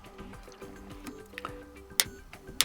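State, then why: Seated. The plastic hinged lid of a OnePlus Buds earbud charging case is opened and closed over steady background music. The lid snaps shut on its magnetic latch with sharp clicks at 2.0 s and 2.6 s, after a few faint ticks earlier in the clip.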